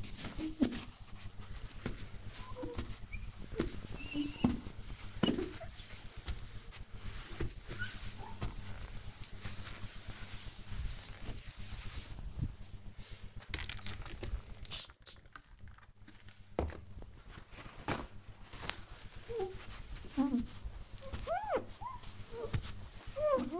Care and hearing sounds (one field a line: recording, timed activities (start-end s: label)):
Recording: household activities, microphone on the right wrist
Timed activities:
0.00-23.60 s: window cleaning